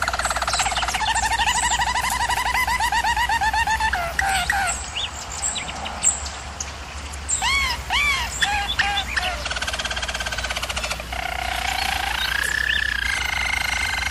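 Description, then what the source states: German Roller canary song mixing fast rolled trills with arched, looping notes and brief gaps, finishing on a smooth roll. German Roller canary singing, for canary training.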